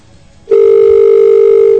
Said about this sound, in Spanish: Es el tono telefónico.